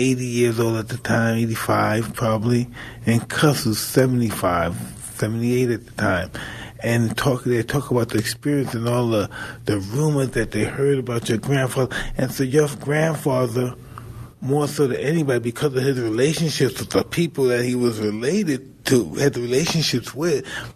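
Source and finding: Adult male speaker. Normal voice.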